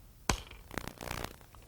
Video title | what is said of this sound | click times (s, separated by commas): HomeRight How to Paint (1997) | and put on your outside end cap push it together you'll hear it click | 0.3 s